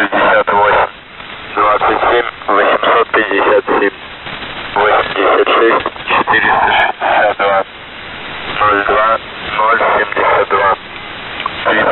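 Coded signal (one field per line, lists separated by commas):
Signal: coded military voice message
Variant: The Pip, Russian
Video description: "The Pip" is a Russian military radiostation that broadcasts on 5448 kHz at daytime and 3756 kHz at nighttime.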